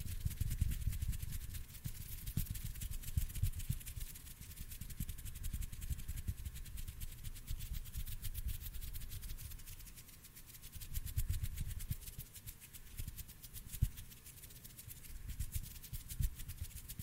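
Hand sounds made of dense, rapid clicking and ticking run without a break for the whole clip, crisp and bright on top. Beneath them sits a rough, low rumbling that swells and fades in waves, dipping quietest near the ten-second mark.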